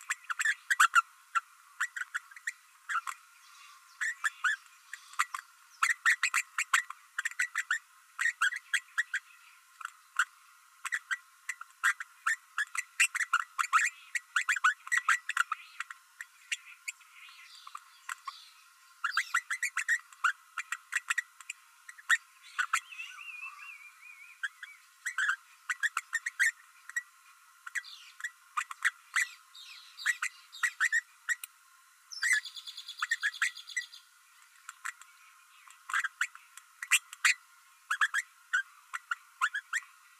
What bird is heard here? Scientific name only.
Forpus passerinus